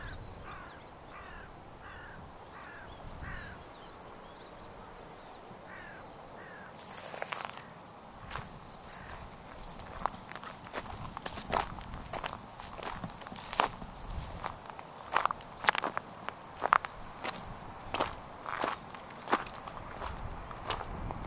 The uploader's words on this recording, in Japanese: 草をかき分けて河川敷散策｜散歩気分｜鳥の声。In the morning, I push through the grass and walk along the river.Sometimes I stop to listen to the birds.草をかき分けて朝の河川敷を歩きます。たまに鳥の声を聴くために立ち止まります。